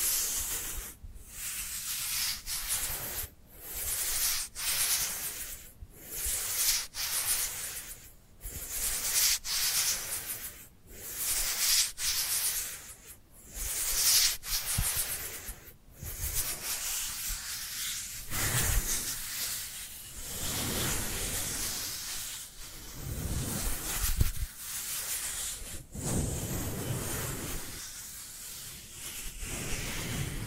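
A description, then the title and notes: Dry hands rubbing together in a steady back-and-forth rhythm, each stroke a bright, papery swish separated by brief gaps about once a second at first. After about eighteen seconds the strokes grow longer and fuller, with a slightly lower, rougher scrape. Dry Dry Hand Sounds. (No Talking).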